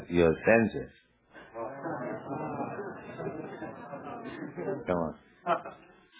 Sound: laughter